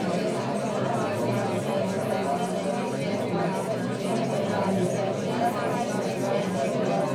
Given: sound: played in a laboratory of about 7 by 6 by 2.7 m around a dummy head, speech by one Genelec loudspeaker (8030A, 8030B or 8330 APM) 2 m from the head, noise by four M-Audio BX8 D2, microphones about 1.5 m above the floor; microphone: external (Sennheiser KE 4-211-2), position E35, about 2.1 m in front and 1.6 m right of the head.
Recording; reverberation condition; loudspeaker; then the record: babble noise; low; four, about 170 cm from the corners of the room and facing them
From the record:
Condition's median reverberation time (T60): about 310 ms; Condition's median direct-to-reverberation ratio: about 3.5 dB